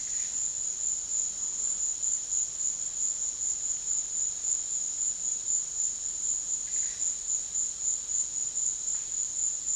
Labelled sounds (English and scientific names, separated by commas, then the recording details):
none
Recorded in pastures near Puerto Asís, Putumayo, Colombia, on 22 June 2025 at 15:00
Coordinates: 0.466, -76.322
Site GP07